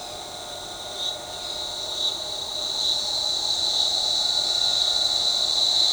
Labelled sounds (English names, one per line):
none